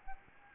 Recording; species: mosquito wingbeat signal from an infrared sensor; Aedes albopictus